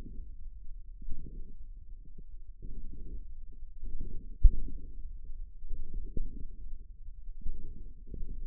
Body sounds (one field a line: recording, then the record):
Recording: forearm muscle sounds (acoustic myography)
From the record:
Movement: wrist extension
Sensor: system 1, eight BSWA MPA416 microphones around the upper forearm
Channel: 8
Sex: male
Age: 54 years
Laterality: right